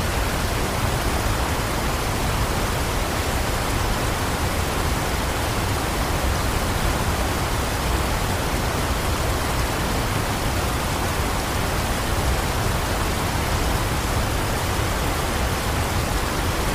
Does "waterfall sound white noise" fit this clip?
yes